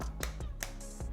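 The plastic hooks of a new ear cushion are pushed into the earcup slots of a Blackshark V2 / V2 Pro headset (pre-2023 version). Three sharp clicks are heard at about 0.0, 0.2 and 0.6 seconds, one as each hook snaps in, and the cushion is seated.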